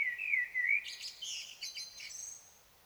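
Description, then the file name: Common blackbird song caught partway: a few low fluted notes give way to a long, scratchy high-pitched twittering ending. "Turdus merula"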